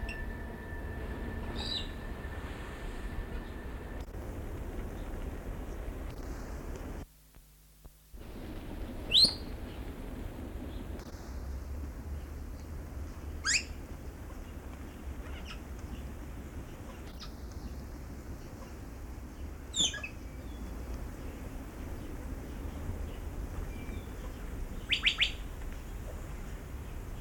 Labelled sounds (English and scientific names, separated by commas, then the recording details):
Grey Parrot (Psittacus erithacus) call
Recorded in captivity
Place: Zoo Berlin, Berlin, DE
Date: 1992-07-11 10:30
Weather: bedeckt, z.T. Regen, 17-22°C
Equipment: Marantz CP 430, Sennheiser ME 80, Kopie Tesla B 116
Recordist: Tembrock, Günter